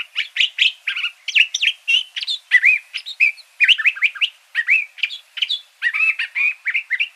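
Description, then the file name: Curve-billed thrasher song made of quick, scratchy and whistled notes strung in an unbroken, jumbled sequence, each phrase varied in pitch. Recorded in Arizona. "CBTH 8 Deviche"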